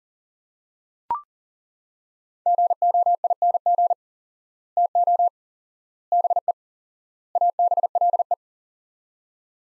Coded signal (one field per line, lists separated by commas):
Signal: Morse code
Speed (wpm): 38 wpm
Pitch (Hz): 700 Hz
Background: none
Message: GOING TO BE ABLE